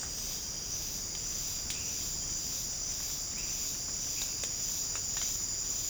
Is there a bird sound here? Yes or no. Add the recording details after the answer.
no. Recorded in secondary vegetation near Puerto Asís, Putumayo, Colombia, on 8 March 2025 at 07:30. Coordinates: 0.502, -76.326. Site G100